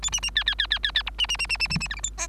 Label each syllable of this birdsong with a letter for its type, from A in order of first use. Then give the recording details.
A B B C C C C C C D B B B B B B B E F G H. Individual Bird3